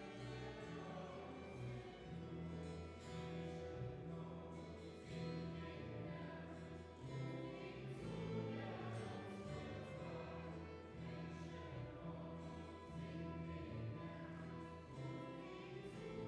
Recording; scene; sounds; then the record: everyday scene through a hearing-aid microphone; reverberant space; music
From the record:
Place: church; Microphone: behind the ear, right, rear